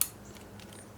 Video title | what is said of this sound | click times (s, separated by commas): 2017 Z900 AutoTune Install Part 1 | locks it into place. | 0.0 s